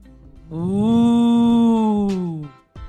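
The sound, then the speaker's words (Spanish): A cow moos once, a loud, drawn-out, steady low call lasting about two seconds before it tapers off. No one speaks. “La vaca muge.”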